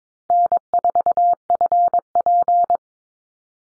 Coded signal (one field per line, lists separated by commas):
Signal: Morse code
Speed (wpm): 22 wpm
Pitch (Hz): 700 Hz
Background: none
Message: N4FP